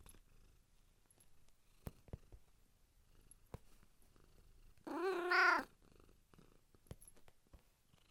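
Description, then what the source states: Cat giving one meow past the middle, with scattered clicks and quiet rustling before and after it. Purring and meowing.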